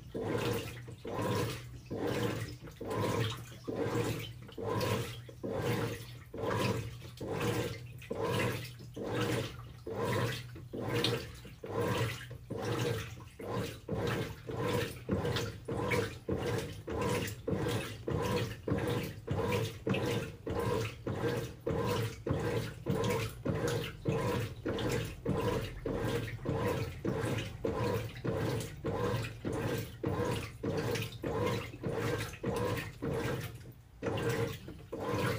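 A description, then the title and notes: A washing machine churns steadily, its drum turning with a regular sloshing rhythm of about one to two swishes per second. A low motor hum runs underneath the whole time, and the pattern holds evenly until a short break near the end. ASMR washing machine sounds (no talking).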